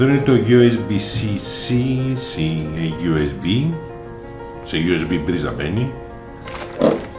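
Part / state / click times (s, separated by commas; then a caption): USB charging plug into its socket or charger of the RC model / not seated / none. While unboxing a MODSTER Digger Metal Electric Brushed Excavator Chain 1:14 RTR RC model, someone talks as the USB-C charging plug is handled toward its socket or charger, with music playing in the background. Nothing has seated or clicked yet; the plug is not yet home when the clip ends.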